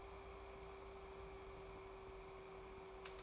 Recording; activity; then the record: daily activity, microphone in the room; take from stove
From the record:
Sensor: 1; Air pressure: 1010.3 hPa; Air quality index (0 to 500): 170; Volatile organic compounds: 12 ppm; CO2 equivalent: 2339 ppm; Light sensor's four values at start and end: 56/144/59/75 and 59/152/62/79